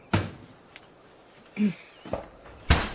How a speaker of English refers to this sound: Long job scrubbing and peeling and chopping the apples for a dish this deep, ain't it? It's ready for the stove now. Open the door for me, son. Careful now. That's it.